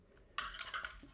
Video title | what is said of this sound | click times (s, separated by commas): GENARAY CUTLAS WAND LED LIGHTS & TESTING | it slides in the middle and it locks in place | 0.4 s